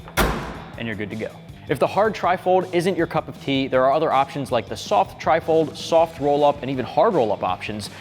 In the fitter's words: Enfin, vous pouvez simplement le déposer et il se verrouille.